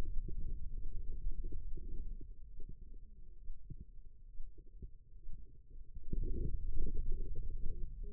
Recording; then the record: forearm muscle sounds (acoustic myography)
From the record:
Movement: hand opening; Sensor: system 2, bracelet of six BSWA MPA416 microphones around the upper forearm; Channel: 3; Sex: female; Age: 25 years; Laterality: right